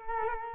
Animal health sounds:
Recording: mosquito wingbeat signal from an infrared sensor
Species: Culex quinquefasciatus

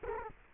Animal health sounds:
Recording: mosquito wingbeat signal from an infrared sensor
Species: Culex quinquefasciatus

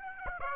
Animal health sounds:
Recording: mosquito wingbeat signal from an infrared sensor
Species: Aedes aegypti

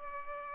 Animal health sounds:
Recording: mosquito wingbeat signal from an infrared sensor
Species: Culex pipiens

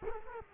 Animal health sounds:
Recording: mosquito wingbeat signal from an infrared sensor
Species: Culex quinquefasciatus

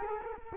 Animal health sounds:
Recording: mosquito wingbeat signal from an infrared sensor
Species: Culex quinquefasciatus

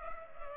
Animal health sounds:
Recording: mosquito wingbeat signal from an infrared sensor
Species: Culex pipiens

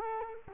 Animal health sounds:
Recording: mosquito wingbeat signal from an infrared sensor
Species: Culex quinquefasciatus

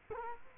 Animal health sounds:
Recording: mosquito wingbeat signal from an infrared sensor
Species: Culex quinquefasciatus

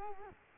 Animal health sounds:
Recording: mosquito wingbeat signal from an infrared sensor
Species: Culex quinquefasciatus

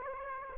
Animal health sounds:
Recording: mosquito wingbeat signal from an infrared sensor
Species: Aedes aegypti

